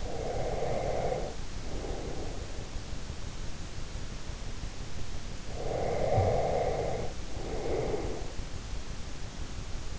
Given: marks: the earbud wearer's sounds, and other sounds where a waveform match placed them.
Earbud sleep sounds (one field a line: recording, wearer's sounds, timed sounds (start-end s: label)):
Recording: sounds in sleep by an in-ear microphone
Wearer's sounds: breath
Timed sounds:
0.00-2.65 s: breath
5.42-8.39 s: breath